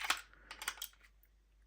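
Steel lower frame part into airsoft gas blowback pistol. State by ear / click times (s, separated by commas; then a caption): not seated / none. A steel Guns Modify replacement lower frame part is pushed into an Agency Arms G34 Fatal Edition airsoft gas blowback pistol, making a quick series of sharp, light clicks and taps at about 0.1, 0.3, 0.5, 0.6, 0.7 and 0.8 s before it goes quiet. The part is too long, with too much material in the way, so it cannot go far enough back, and nothing has seated or locked in.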